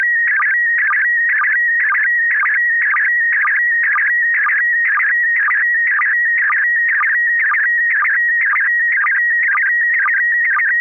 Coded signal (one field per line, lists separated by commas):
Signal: SSTV (slow-scan television)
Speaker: uh does anybody else have a picture that they want to send or shall I send a picture